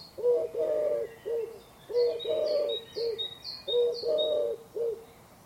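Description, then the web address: Bird calls: low, hollow cooing phrases repeated about every one and three-quarter seconds, with a separate series of thin, high chirps above and faint background hiss. "Deverinetal 2025 File origin Bird Only"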